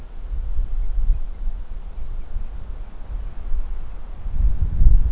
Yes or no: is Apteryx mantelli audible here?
no